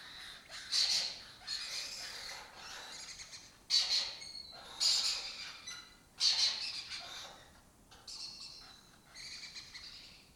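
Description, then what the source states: Lesser kestrel calls, repeated harsh rasping bursts every second or two, varying in loudness. Colony breeding in an abandoned building complex in Doñana, southern Europe; migratory species foraging in West Africa.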